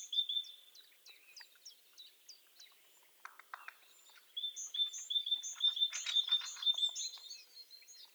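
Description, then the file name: Great tit repeating a high two-note phrase about twice a second, high and low notes alternating, with bursts of buzzy chatter. "Parus major"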